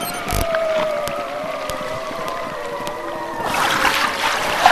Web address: beluga whale